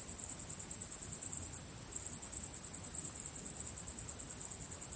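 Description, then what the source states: Crickets give a continuous high, pulsing chirp, the chorus even and unbroken, with gentle low background rumble. Recorded at sunset.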